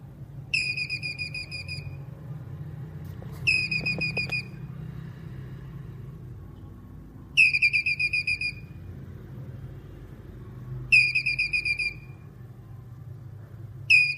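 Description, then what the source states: Squirrel repeating short bursts of rapid shrill chips five times at uneven intervals, with a low traffic-like rumble throughout and a brief clatter early on. Male squirrel calling.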